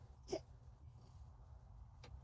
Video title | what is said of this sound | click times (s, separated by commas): Tesla Model Y Juniper Power Frunk Review & DIY Install - This mod should have been stock! | Make sure it clicks. | 2.0 s